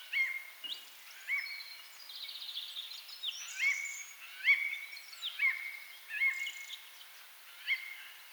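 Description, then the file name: Eurasian jay calls: short ringing upslurred notes repeated irregularly about every second, with fainter sounds behind them. "Garrulus glandarius"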